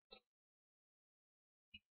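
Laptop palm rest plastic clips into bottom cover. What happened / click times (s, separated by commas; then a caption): The plastic case clips snapped into place / 0.1 s, 1.8 s. Two sharp plastic clicks ring out at 0.1 s and 1.8 s as the palm rest of an ASUS X505A (BR232T) laptop is lowered onto the bottom cover and its front edges are pinched. The clips snap in and lock, and the case is shut.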